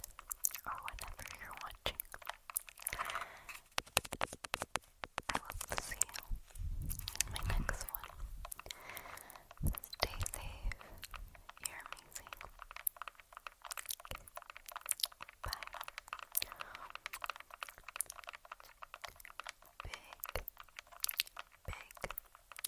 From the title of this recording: Tingly TkTk & Tapping On Tascam (Long Nails)